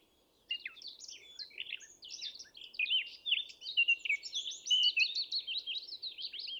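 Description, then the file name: Eurasian blackcap song, starting abruptly with chattering notes, then building into a loud, rich warble of fluty, rising and falling phrases sustained to the end. "Sylvia atricapilla"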